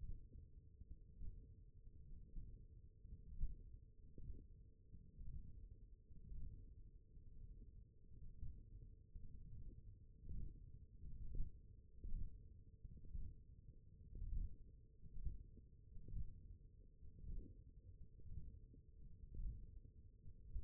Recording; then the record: forearm muscle sounds (acoustic myography)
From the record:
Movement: thumb flexion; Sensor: system 1, eight BSWA MPA416 microphones around the upper forearm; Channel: 1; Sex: male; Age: 21 years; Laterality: right